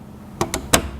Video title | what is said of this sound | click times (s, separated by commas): Memilih Motif Jahitan MESSINA Paris P5832 - Mesin Jahit Portable - Motif Jahitan Mesin portabel | gitu Sampai bunyi seperti itu ya | 0.7 s